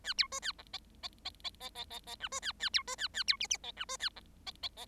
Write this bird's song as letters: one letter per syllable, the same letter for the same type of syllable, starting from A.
A B C A D E E E E E E E E F C A A B C A A B G G E F C A D E E E